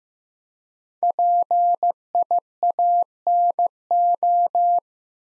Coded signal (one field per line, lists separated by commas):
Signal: Morse code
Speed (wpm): 15 wpm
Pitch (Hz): 700 Hz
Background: none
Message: PIANO